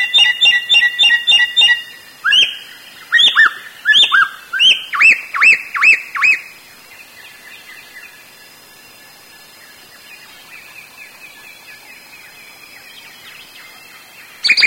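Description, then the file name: Sooty-headed bulbul giving a quick series of bright, liquid chirping notes for about six seconds, then fainter thin notes trailing off before a last short chirp. "suara burung samyong"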